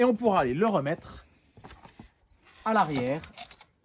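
Someone talks while handling the small removable lever of a Canyon road bike's thru-axle, moving it to put it back at the rear of the axle. A few faint, short handling taps come between the speech around 1.6 to 2.0 s and again near 3.6 s. The lever has not seated or clicked into place yet.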